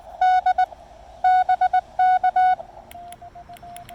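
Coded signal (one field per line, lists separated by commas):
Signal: Morse code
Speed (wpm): 20 wpm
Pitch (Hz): 740 Hz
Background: none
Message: D BK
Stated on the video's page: Lab599 Discovery TX-500 transceiver with MFJ-1984LP antenna, QRP portable activation on the Blue Ridge Parkway.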